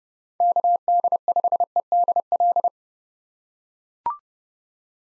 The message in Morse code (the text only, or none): KD5EDL